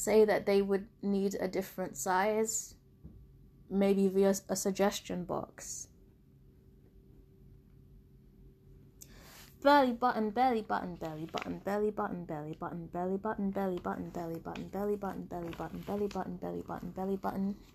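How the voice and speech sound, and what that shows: Adult woman speaking, then after a pause a rapid run of vocal tics: the phrase "belly button" repeated about thirteen times in a row, unintentional and unrelated to what she is saying. Tourette syndrome vocal tics; her Tourette's has progressed to learned words.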